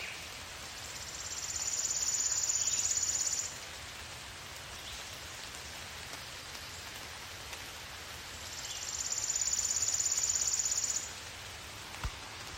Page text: Maryland Biodiversity. Worm-eating Warbler ( Helmitheros vermivorum ) - Swan Creek Wetland--Cox Creek DMCF